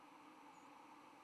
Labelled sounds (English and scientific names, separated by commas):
White-throated Sparrow (Zonotrichia albicollis) flight call